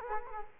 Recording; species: mosquito wingbeat signal from an infrared sensor; Culex quinquefasciatus